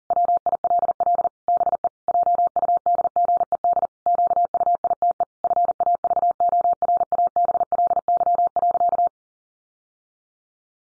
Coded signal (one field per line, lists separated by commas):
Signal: Morse code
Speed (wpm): 40 wpm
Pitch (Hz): 700 Hz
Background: none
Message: WILL BE JUDGED QUITE FAVORABLY.